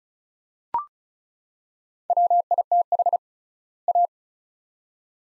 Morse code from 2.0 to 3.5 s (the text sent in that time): WITH